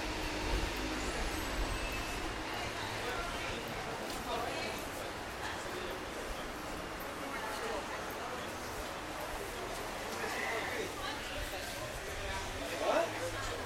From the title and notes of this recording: Soundwalk in Margate. Recorded with handheld Sony PCM-A10.